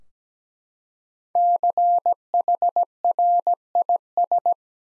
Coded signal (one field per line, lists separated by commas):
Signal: Morse code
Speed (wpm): 17 wpm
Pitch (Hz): 700 Hz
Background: none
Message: CHRIS